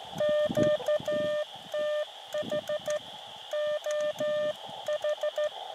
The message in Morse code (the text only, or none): QTH OH